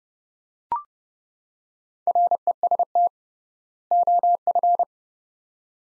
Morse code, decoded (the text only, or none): REST OF